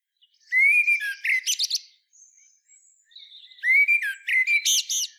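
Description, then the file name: Common blackbird song, two phrases: a mellow fluted whistle climbing into rapid shrill twittering notes, with faint thin squeaks in the pause between them. "Turdus merula"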